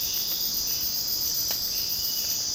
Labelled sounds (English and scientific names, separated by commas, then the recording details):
none
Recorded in secondary vegetation near Puerto Asís, Putumayo, Colombia, on 25 June 2025 at 05:00
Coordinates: 0.484, -76.319
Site G074